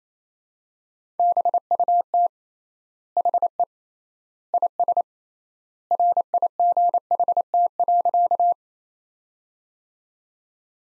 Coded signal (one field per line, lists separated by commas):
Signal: Morse code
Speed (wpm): 28 wpm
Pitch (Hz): 700 Hz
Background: none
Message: BUT HE IS RIGHT.